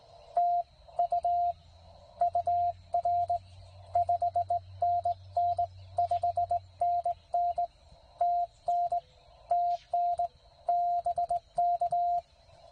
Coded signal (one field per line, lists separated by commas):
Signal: Morse code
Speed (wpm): 18 wpm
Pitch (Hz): 700 Hz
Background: radio noise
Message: TU UR 5NN 5NN TN TN BK